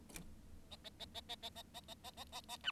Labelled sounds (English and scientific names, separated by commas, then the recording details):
Bengalese Finch (Lonchura striata domestica) song
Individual Bird7